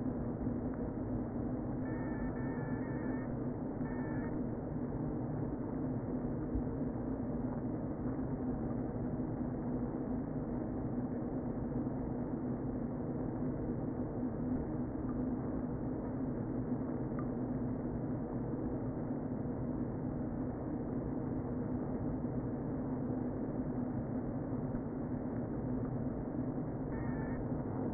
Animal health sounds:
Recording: honeybee colony, microphone inside the hive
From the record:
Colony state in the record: queen present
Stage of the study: before two queens were removed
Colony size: about 60,000 bees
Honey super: yes

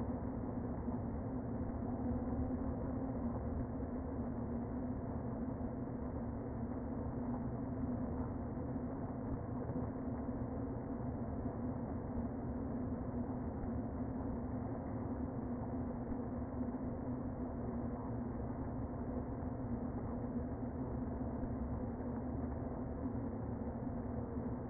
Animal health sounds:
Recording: honeybee colony, microphone inside the hive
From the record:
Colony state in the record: queen present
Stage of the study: before two queens were removed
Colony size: about 60,000 bees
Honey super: yes

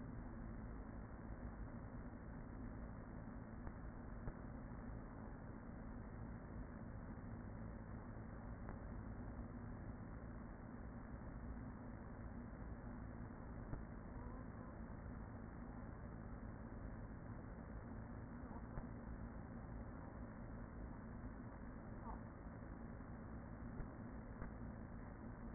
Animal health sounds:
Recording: honeybee colony, microphone inside the hive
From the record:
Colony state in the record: queen present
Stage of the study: after two queens were removed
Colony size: about 40,000 bees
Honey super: no

